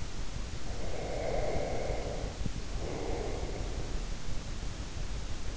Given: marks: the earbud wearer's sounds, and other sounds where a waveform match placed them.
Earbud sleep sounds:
sounds in sleep by an in-ear microphone; breath
0.74-3.98 s: breath

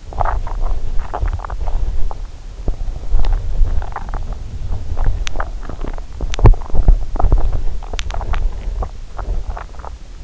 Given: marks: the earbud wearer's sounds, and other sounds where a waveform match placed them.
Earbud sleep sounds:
sounds in sleep by an in-ear microphone; body movement
0.00-10.24 s: body movement

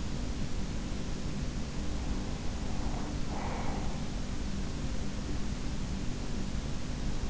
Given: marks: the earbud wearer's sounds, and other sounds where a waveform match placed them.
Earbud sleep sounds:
sounds in sleep by an in-ear microphone; breath
2.02-4.33 s: breath

